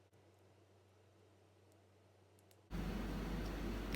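The second strap side of a CIGA Design X Series watch is being pushed into its stainless steel case, but nothing has seated or clicked yet. A quiet low hum with faint ticks, including a small tick at 2.5 s, gives way at about 2.7 s to much louder broadband rustling handling noise, ending with a sharp tick at 4.0 s.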